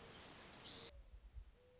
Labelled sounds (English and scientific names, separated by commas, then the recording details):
Mourning Dove (Zenaida macroura)
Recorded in Sonoma County, California